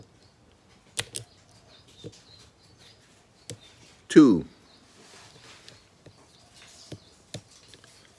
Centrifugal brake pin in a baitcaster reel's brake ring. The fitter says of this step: you can hear the click